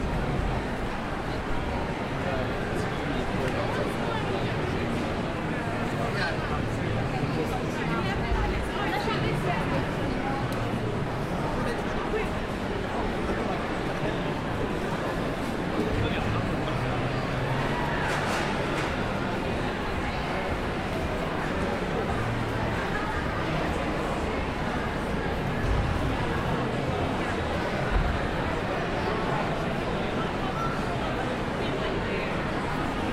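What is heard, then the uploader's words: Crowds of tourists and shoppers talk over one another in a dense, steady murmur, with occasional louder voices and faint clatter throughout. Covent Garden at Christmas | London. A vibrant binaural walk through Covent Garden at Christmas. Sounds of tourists and shoppers. Crowds of families gathering to enjoy the festive lights and street performers.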